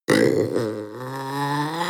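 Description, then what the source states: Panther snarl, a single sudden harsh growl that settles into a steady, strained, throaty tone lasting nearly two seconds. Young panther snarling.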